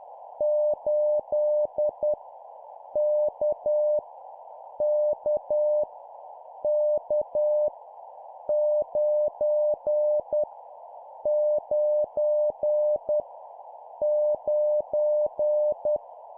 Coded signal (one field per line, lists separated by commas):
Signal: Morse code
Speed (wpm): 10 wpm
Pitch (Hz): 600 Hz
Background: none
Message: 8 K K K 9 9 9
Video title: 10wpm Repeat three times Random Letter Number, morse code practice